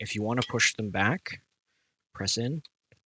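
Someone talks while handling a metal folding rear backup sight on a rifle rail, pressing it in and pushing it back to fold it down. The clip ends before the sight folds and locks, so nothing has seated or clicked yet.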